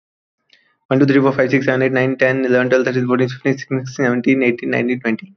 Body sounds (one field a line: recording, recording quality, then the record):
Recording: counting at a fast pace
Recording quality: excellent, no background noise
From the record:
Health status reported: healthy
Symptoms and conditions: none ticked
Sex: male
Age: 25 years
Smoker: not ticked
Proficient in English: yes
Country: India